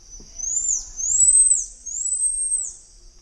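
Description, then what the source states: Red-handed tamarin calls, three long high whistles, each level then dipping at its end, given in a slow series over about three seconds. Red-handed tamarin living among pied tamarins, shifting its calls toward the pied tamarins' accent to be understood, establish territory and avoid fights.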